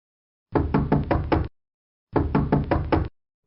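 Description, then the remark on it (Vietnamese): Early in the morning, someone pounds heavily on a bedroom door in two bursts of about four thudding blows each, separated by a short pause, loud and booming with nothing else heard. “Mới sáng sớm mà đã có ai đó đến đập cửa phòng Triệu Ngọc”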